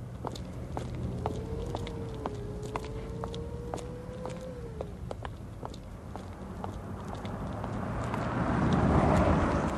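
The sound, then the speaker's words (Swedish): Steady, evenly paced footsteps of an adult and a child walking along a street to a bus stop tap over a low traffic rumble, with a vehicle's rushing noise swelling louder toward the end. “Men nu måste du nog gå lite fortare, för att annars kanske vi missar bussen.”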